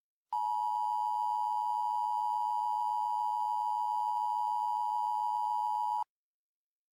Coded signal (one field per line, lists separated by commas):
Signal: Emergency Alert System (SAME) tones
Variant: 853 and 960 Hz attention tone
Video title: EAS Mock 16: Cocked Pistol